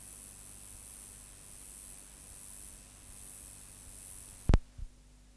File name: Metrioptera roeselii